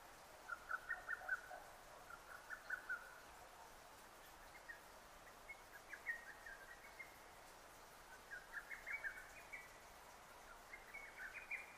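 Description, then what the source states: Lesser cuckoo: faint, rapid whistled phrases of chopped notes, repeated under steady hiss. Recorded 6 June 2009; Japanese name hototogisu.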